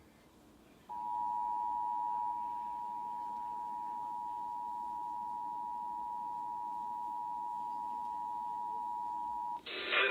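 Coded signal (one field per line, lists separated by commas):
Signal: Emergency Alert System (SAME) tones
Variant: 853 and 960 Hz attention tone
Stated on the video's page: Valid SAME tones.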